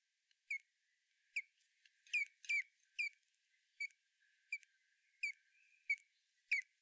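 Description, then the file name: Common blackbird calls: a steady series of sharp, downward-slurred chink notes repeated roughly every half second to second, with faint, thin notes between. "Turdus merula"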